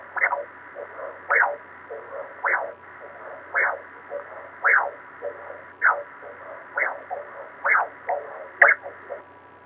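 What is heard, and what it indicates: Steady rhythmic whooshing pulses, about 53 a minute, each a swishing surge with softer echoes between, over a low hum. This is a heartbeat heard from inside on an ultrasound sonogram, a sound effect.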